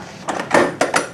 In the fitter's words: and then you let it go and it locks in place if you do not grab that handle and you put your seat on